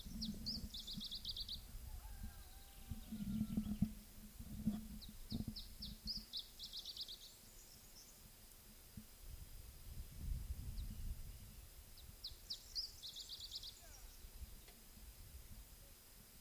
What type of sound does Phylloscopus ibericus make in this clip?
song